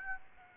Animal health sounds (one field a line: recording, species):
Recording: mosquito wingbeat signal from an infrared sensor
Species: Aedes aegypti